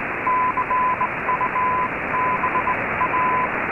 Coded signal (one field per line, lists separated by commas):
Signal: Morse code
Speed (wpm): 18 wpm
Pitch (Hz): 1010 Hz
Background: radio noise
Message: CUBA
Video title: Radio Havana Cuba DXers Unlimited Oct 22 2019 on 15140Khz Shortwave Radio R8600